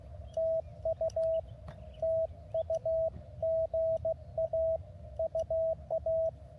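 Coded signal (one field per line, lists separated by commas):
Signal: Morse code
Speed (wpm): 17 wpm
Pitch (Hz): 660 Hz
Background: radio noise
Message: TU TU GA UA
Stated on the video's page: Morse from a park activation in the Angeles National Forest near Mount Wilson.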